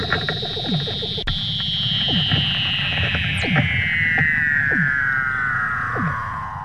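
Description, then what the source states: Weddell seal call, a long eerie whistle sliding slowly downward throughout, with short descending chirps repeating beneath it. Mother teaching her pup how to swim, filmed in 2015.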